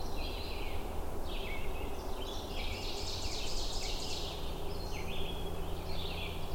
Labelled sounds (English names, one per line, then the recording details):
Ovenbird song
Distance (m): 65 m
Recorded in boreal forest in Alberta, Canada, on 21 June 2016 at 08:10
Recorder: SongMeter 3, array SBT-6-76
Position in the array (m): 139 m, -13 m
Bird 2